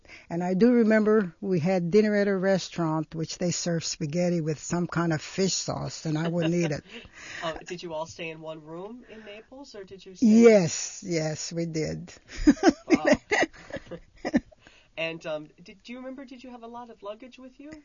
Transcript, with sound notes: And I do remember we had dinner in a restaurant where they served spaghetti with some kind of fish sauce and I wouldn't eat it.
(he laughs) Did you all stay in one room in Naples or did you...
Yes, yes we did. (she laughs)
Wow. And do you remember, did you have a lot of luggage with you?